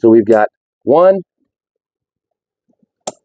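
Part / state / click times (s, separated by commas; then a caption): window prop latch in travel trailer side window / seated / 3.1 s. Someone talks while moving the prop latch arm of a side window on a 2026 Ember Overland 221MSL travel trailer, a window that clicks into place at three positions instead of using twisty knobs. After a quiet pause, a single sharp, bright click sounds at 3.1 s as the latch seats into its first open position.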